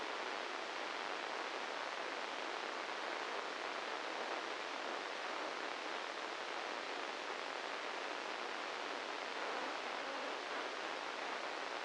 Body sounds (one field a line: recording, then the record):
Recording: brain microelectrode recording played as sound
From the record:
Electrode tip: inside the subthalamic nucleus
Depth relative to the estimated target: 1 mm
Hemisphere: right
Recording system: NeuroSet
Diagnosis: Parkinson's disease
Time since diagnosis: 10 years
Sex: male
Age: 56 years